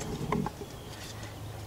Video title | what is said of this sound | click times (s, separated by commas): ⭐ 2012 Ford F-150 Pickup - 3.5 - VVT Solenoid A - Right Valve Cover Gasket Replacement | the tab in push the tab in push it on lock into place | 0.3 s